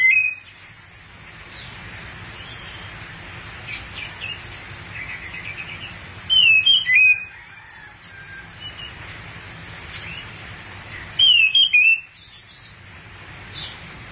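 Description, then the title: Thrush song in scattered bursts of high, sharp whistled and chattering notes, with long pauses between phrases over a steady low hum. "burung anis x"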